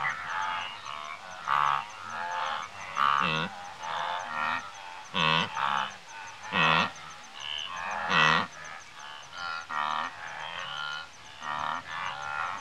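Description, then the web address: Wildebeest herd grunting, loud nasal honks and croaks in irregular bursts, several animals calling over one another with short pauses between. Several wildebeest grazing and grunting in Africa. "Sound Effects Library-30 (Africa- The Natural World) 28 WILDBEEST, Several grazing and grunting"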